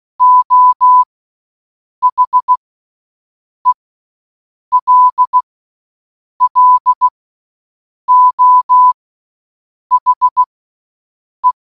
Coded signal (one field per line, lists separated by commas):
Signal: Morse code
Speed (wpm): 16 wpm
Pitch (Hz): 1000 Hz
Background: none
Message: O HELLO HE